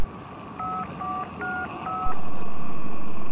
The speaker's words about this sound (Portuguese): Vou ligar pro cara. Vou tentar ligar pro cara. Deixa eu ver se o telefone funciona agora.